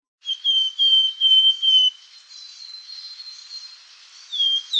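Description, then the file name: Willow tit giving clear whistled notes, four even slightly falling whistles in quick series, then a quieter pause and one more whistle at the end. "CZARNOGLOWKA"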